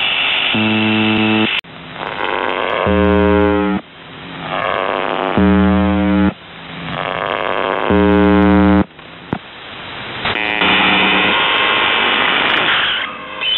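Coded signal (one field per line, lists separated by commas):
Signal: channel marker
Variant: UVB-76 (The Buzzer)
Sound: harsh low buzzes about a second long, repeating every 2.5 seconds, four shown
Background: radio static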